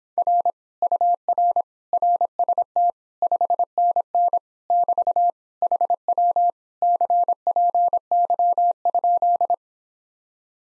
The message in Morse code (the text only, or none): R UR RST 5NN <BT> HW CPY?